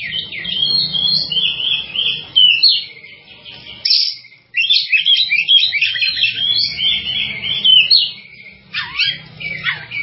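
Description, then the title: Java sparrow song, dense high twittering and chirps running almost continuously with one short break. "kicau gelatik"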